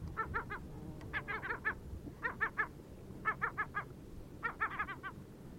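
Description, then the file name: Lesser black-backed gull uttering short clipped yelping notes in several short clusters, fairly quiet over steady background noise. "kleine mantelmeeuw"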